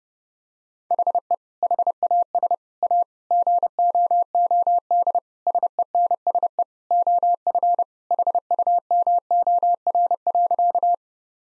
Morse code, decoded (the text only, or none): HE HAS A GOOD SENSE OF HUMOR.